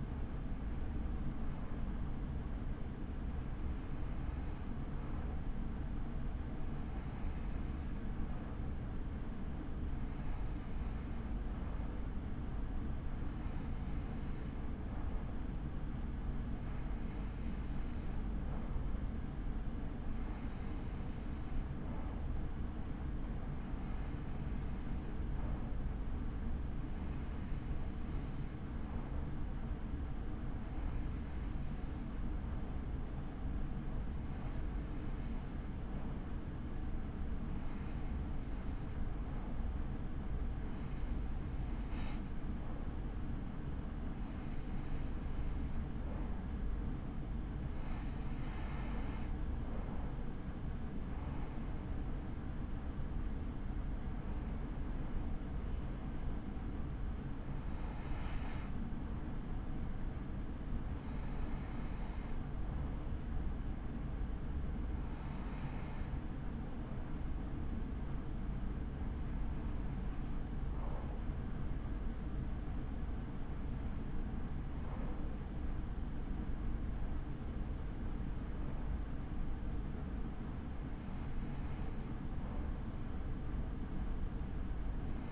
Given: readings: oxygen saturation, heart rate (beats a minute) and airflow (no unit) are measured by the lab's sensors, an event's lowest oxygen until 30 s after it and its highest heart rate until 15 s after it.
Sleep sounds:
breathing in sleep by a smartphone at the bedside; none
none scored
From the record:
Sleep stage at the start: N2 (light sleep); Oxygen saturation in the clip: 93 to 95%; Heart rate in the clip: 36 to 66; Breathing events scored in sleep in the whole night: 83 in 6.1 hours asleep

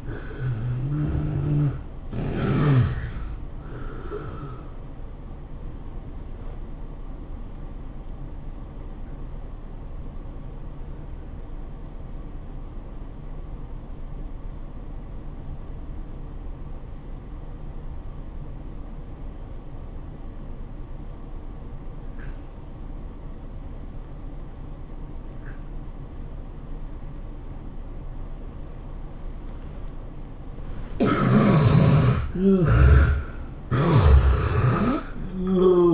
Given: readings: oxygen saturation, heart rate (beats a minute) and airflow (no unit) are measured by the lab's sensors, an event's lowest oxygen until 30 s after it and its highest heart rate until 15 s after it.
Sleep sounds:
breathing in sleep by a smartphone at the bedside; 1
3.00-30.60 s: hypopnea (N1, oxygen 97% highest, then 70% lowest, heart rate 102 at the start, 108 highest)
3.00-35.94 s: new sleep stage, N1 (lightest sleep)
From the record:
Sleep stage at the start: N2 (light sleep); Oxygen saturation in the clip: 71 to 97%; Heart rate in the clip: 82 to 103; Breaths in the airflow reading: 4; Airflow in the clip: -14.6 to 15.2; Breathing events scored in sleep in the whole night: 403 in 5.5 hours asleep

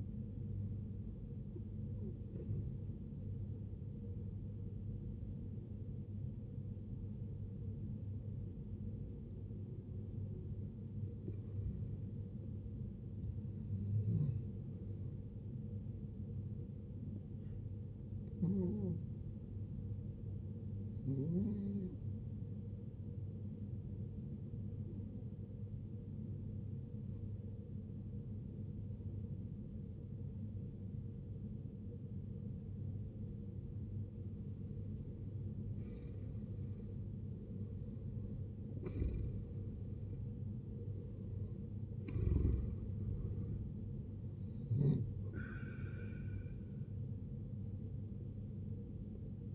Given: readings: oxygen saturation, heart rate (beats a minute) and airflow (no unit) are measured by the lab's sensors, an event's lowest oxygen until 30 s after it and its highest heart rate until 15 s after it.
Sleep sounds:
breathing in sleep by a smartphone at the bedside; 1
7.00-33.60 s: hypopnea (N1, oxygen 96% highest, then 84% lowest, heart rate 67 at the start, 76 highest)
37.00-49.55 s: new sleep stage, N2 (light sleep)
From the record:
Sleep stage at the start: N1 (lightest sleep); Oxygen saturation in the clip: 87 to 96%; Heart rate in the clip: 56 to 76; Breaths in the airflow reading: 9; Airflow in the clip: -12.3 to 12.4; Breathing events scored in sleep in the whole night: 389 in 6.3 hours asleep

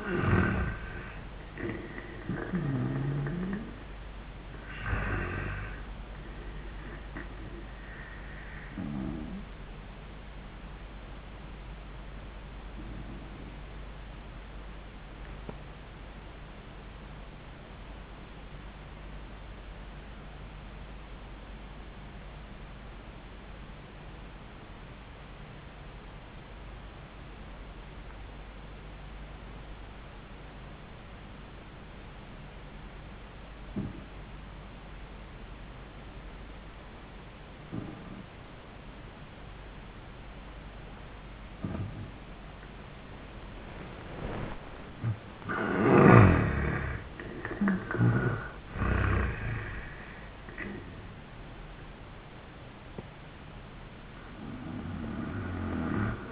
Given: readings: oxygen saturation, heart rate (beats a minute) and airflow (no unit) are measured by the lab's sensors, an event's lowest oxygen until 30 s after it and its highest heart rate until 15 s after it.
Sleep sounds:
breathing in sleep by a voice recorder at the bedside; 1
11.00-42.60 s: obstructive apnea (N1, oxygen 98% highest, then 81% lowest, heart rate 73 at the start, 85 highest)
25.00-55.00 s: new sleep stage, N2 (light sleep)
55.00-56.32 s: new sleep stage, N1 (lightest sleep)
From the record:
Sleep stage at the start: N1 (lightest sleep); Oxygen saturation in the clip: 83 to 98%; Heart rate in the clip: 69 to 85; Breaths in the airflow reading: 7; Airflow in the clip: -14.2 to 10.9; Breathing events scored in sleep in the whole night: 400 in 8.7 hours asleep

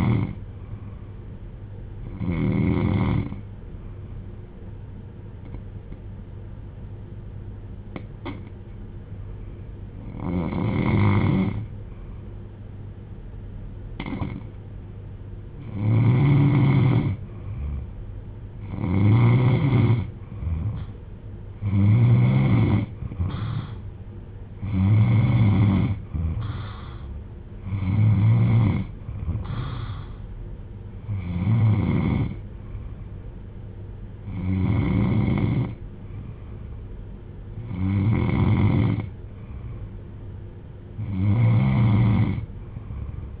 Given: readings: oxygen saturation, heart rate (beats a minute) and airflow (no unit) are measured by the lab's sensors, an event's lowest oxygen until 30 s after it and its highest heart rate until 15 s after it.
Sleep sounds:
breathing in sleep by a smartphone at the bedside; 1
3.00-17.50 s: hypopnea (N3, oxygen 94% highest, then 90% lowest)
From the record:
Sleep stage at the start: N3 (deep sleep); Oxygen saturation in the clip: 90 to 96%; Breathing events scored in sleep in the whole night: 310 in 8.1 hours asleep

